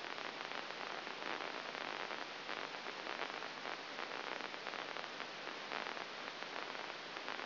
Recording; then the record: brain microelectrode recording played as sound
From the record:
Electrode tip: inside the subthalamic nucleus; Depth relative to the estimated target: -3.5 mm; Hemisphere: right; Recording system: AlphaMap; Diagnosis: Parkinson's disease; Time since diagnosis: 11 years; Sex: female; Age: 60 years